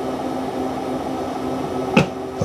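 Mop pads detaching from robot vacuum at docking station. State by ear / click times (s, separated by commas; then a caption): released / 2.0 s. A Dreame X30 Ultra mopping robot vacuum, docked at its station, drops its mop pads, and they release from the robot. A steady low hum runs throughout, broken by a single short clunk at 2.0 s as the pads detach, followed by a faint tap right at the end.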